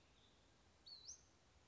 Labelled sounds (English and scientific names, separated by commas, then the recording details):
Western Flycatcher (Empidonax difficilis)
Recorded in Sonoma County, California